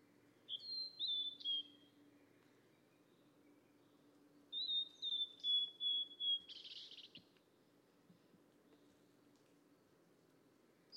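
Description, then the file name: Mangrove blue flycatcher singing two whistled phrases several seconds apart, each a short series of pure notes falling slightly, over a faint steady low drone. "tledekan laut"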